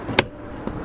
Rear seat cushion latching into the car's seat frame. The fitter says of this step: locks into place now